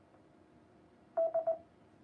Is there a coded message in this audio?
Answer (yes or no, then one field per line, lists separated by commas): no